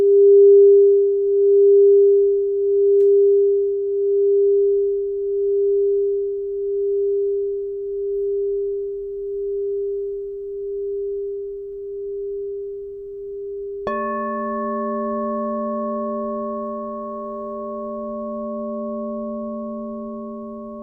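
A crystal singing bowl holds one pure, steady tone, its loudness pulsing in slow, even waves that gently fade for about fourteen seconds. A second bowl is then struck, adding a lower hum and several bright, ringing overtones that sustain smoothly to the end.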